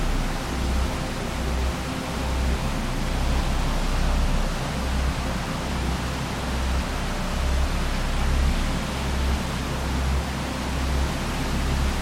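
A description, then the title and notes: Wind roars in a steady, dense hiss for the whole twelve seconds, with a deep rumbling buffeting underneath that surges and eases irregularly. Paphos Mediterranean Sea. The sound of the wind and waves near an ancient burial site.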